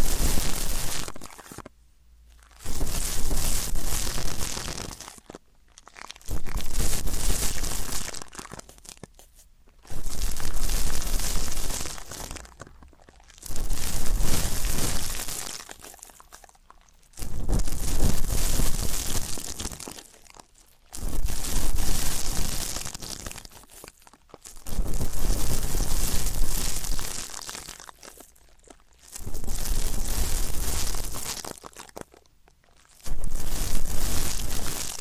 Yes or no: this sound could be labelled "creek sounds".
no